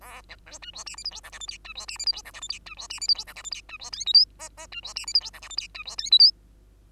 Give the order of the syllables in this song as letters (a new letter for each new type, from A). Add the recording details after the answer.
A B C D E F G H I J K L M D E F G H I J K L M D E F G H I J K L M D E N O P Q Q D E F G H I J K L M D E N O P. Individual Bird2